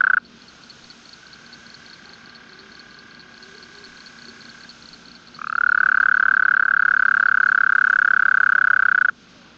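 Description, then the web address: Toad trill, rapid and steady-pitched, bursting in after a quieter stretch with faint high pulsing and running almost four seconds before stopping abruptly. "Bufonidae"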